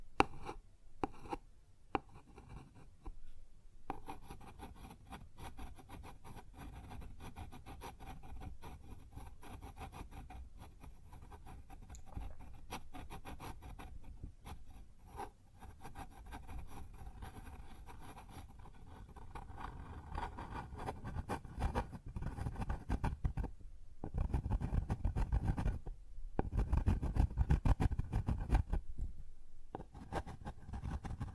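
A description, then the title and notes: Scratching and rubbing on a wooden surface, a dense, fast run of small strokes that continues throughout. The texture grows fuller and louder after about 20 seconds, with brief pauses near 1, 4, 24 and 26 seconds before the rubbing resumes. ASMR Sounds on Wooden Surface (No Talking).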